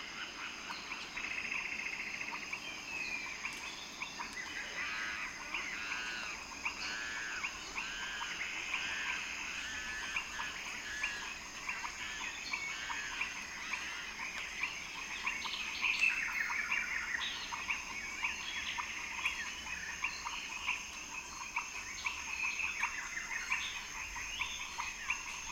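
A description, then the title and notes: A forest after rain, filled with a dense, continuous chorus of frogs and calling birds. Chirps and warbling calls overlap constantly in the middle and upper range, with a steady high whine of insects above and a faint low hiss underneath throughout. Forest after rain.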